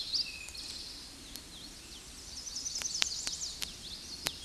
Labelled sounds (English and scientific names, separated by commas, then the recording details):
Eastern Towhee (Pipilo erythrophthalmus) song
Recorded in a Pennsylvania forest on 16 May 2024 at 08:26
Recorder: AudioMoth, point MSD-2257
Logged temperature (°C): 16.0 °C
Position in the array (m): 169 m, 190 m